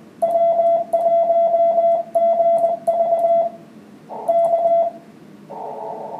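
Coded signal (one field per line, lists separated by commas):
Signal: Morse code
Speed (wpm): 20 wpm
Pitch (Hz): 3400 Hz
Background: none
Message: W1GV K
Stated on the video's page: Heard on the 12-meter 24 MHz band while it was open.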